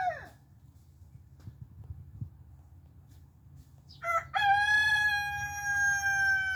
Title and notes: Four Roosters Crowing. The young black silky is still working on his crowing potential. The other three adult roosters are a lot louder